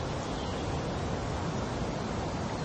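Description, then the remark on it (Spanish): A steady, even rush of wind over a calm Atlantic Ocean in cold weather, with soft wave wash blending into the hiss and no distinct breakers. The level stays constant throughout and no one speaks. “Hace frío, aunque el mar parece encontrarse en calma.”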